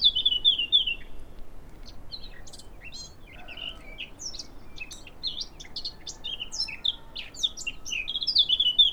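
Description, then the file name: Eurasian blackcap singing: opens with clear fluty notes, runs into a jumbled, scratchy warble, then closes with more bright whistled phrases. "Sylvia atricapilla"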